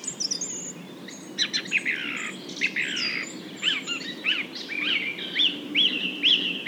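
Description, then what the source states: Nightingale singing varied phrases: high thin notes, harsher buzzy sections, then repeated looping whistles growing louder toward the end. Several nightingales.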